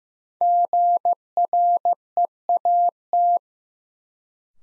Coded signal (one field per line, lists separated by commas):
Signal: Morse code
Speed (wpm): 15 wpm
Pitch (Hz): 700 Hz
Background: none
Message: GREAT